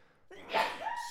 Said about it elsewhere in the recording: I tried to turn away and cover my mouth. We're loud sneezers over here.